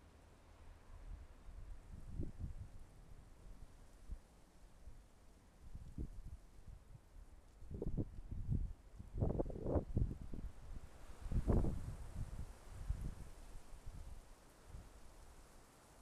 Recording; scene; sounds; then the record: everyday scene through a hearing-aid microphone; wind on the microphone; wind, traffic, birds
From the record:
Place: suburban garden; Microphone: behind the ear, left, rear